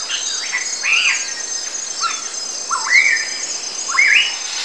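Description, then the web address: Birds giving scattered slurred whistles and chirps, rising and falling, over a constant high insect drone. Jungle. "Zero-G Ambient 1 JUNGLE BIRDS"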